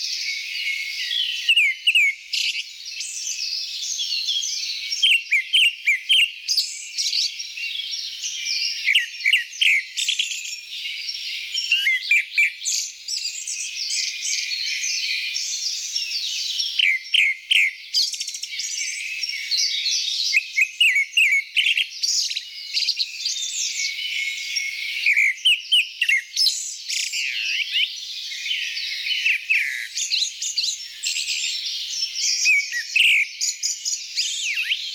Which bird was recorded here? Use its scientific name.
Turdus hortulorum